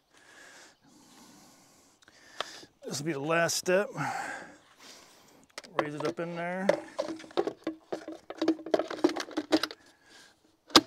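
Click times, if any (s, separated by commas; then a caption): 10.8 s. Someone talks while a heavy e-bike battery pack of about 20–25 lbs for a Lacros Thunder full-suspension e-bike is raised up into its frame mount, with scattered handling knocks and rattles along the way. The pack is pushed home, and a sharp, loud click at 10.8 s marks it locking into place, seated.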